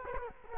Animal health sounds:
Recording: mosquito wingbeat signal from an infrared sensor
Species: Culex quinquefasciatus

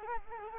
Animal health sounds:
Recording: mosquito wingbeat signal from an infrared sensor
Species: Culex quinquefasciatus

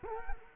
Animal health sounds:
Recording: mosquito wingbeat signal from an infrared sensor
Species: Culex quinquefasciatus

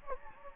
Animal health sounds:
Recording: mosquito wingbeat signal from an infrared sensor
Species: Anopheles gambiae

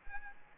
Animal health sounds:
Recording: mosquito wingbeat signal from an infrared sensor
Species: Anopheles arabiensis

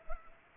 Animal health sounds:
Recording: mosquito wingbeat signal from an infrared sensor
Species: Culex pipiens

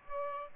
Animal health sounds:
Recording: mosquito wingbeat signal from an infrared sensor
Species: Aedes aegypti

